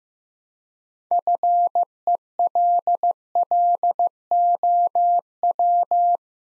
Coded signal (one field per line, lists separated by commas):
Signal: Morse code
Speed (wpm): 15 wpm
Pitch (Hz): 700 Hz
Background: none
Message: FELLOW